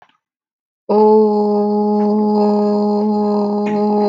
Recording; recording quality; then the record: sustained vowel as in boot; excellent, no background noise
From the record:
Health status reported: healthy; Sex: female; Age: 36 years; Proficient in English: yes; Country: United States